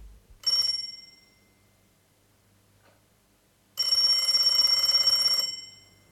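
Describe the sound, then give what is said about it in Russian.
A telephone bell rings twice with a bright, metallic, high-pitched trill: a brief burst first, then after a pause a longer, loud ring that fades out. No one speaks. “Я знаю, кто это звонит.”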